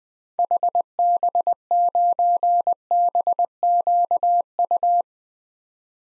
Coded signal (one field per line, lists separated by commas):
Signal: Morse code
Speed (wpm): 20 wpm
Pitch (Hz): 700 Hz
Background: none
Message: HB9BQU